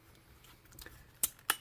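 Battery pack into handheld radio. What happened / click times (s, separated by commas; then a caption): The battery pack snapped into place / 1.2 s, 1.5 s. A 1500 mAh BL1 plastic battery pack is pressed with some force into the body of an Arcshell AR-5 UHF FM handheld two-way radio on the second try, since it needs a little force to go in. Faint handling ticks come first, then two sharp, bright clicks at 1.2 s and 1.5 s as the pack snaps home and seats in place.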